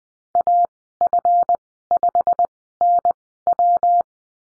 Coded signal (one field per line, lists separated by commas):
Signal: Morse code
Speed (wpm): 20 wpm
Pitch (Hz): 700 Hz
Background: none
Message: AF5NW